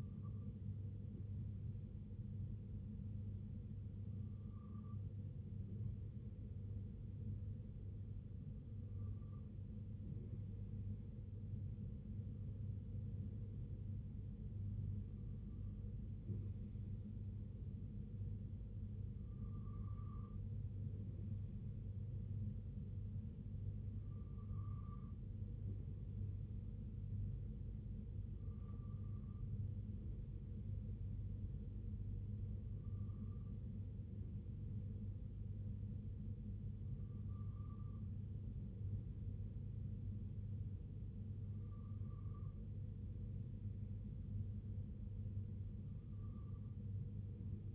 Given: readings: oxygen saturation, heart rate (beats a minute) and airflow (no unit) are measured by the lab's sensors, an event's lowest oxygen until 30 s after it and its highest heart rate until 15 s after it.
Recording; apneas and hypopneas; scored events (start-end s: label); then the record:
breathing in sleep by a smartphone at the bedside; none
none scored
From the record:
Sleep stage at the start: N2 (light sleep); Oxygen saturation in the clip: 94 to 95%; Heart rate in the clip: 60 to 68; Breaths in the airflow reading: 12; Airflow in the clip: -3.5 to 2.1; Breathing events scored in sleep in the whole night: 258 in 7.4 hours asleep